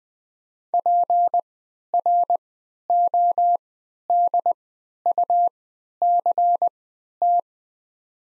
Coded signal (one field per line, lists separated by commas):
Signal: Morse code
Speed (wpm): 20 wpm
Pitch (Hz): 700 Hz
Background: none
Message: PRODUCT